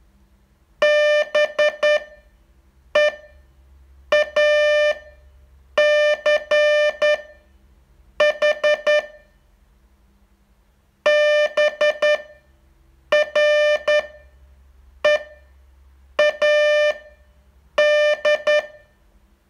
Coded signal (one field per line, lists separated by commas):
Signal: Morse code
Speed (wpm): 10 wpm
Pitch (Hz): 600 Hz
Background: none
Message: BEACH BREAD